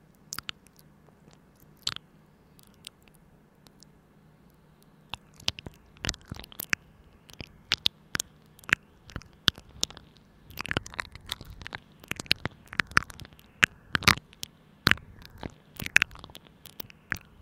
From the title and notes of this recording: 口腔音 | Mouth Sounds.